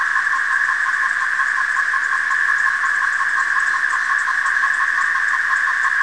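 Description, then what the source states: Periodical cicadas in chorus, a steady, dense droning buzz with a fast pulsing throb, unbroken throughout. Magicicada tredecim, the 13-year species; recorded in Michigan.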